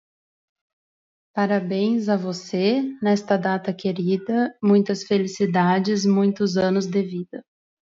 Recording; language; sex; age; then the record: short text; Brazilian Portuguese; female; 20 to 29 years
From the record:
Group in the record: control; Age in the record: 27 years